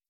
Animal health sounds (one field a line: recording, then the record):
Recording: hydrophone in a shrimp aquaculture tank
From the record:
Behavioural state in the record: stressed